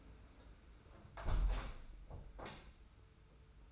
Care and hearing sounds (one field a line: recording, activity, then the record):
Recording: daily activity, microphone in the room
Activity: close window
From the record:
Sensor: 2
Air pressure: 991.1 hPa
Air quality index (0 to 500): 124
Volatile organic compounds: 107 ppm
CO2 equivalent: 3798 ppm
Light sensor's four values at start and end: 37/108/42/41 and 37/108/42/40